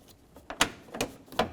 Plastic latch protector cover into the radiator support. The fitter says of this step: Listen for a click from both sides.